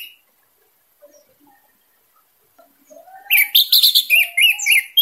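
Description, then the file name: Orange-headed thrush song bursting in after a quiet opening of faint low notes, a loud rapid jumble of buzzy and whistled notes filling the last two seconds. Singing intensely, in full vigour. "suara anis merah teler gacor dor"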